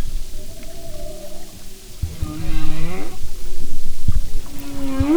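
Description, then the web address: Humpback whale song: soft low moans and a rising, bending cry, ending in a quick upward sweep, with faint underwater rumble throughout. "Sound and Marine Mammals humpback"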